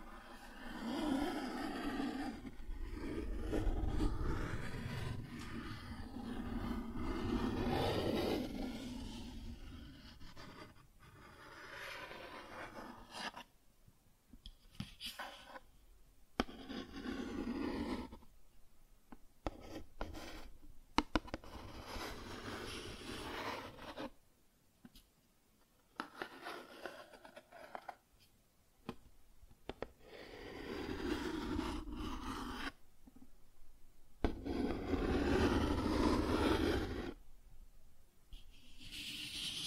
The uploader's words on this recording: ASMR Cardboard Scratching, Tracing, Tearing (No Talking).